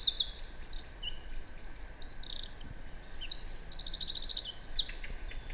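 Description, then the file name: Eurasian wren song, a loud, fast outpouring of high piercing notes and rattling trills that tumbles on without pause for over five seconds. "Troglodytes troglodytes"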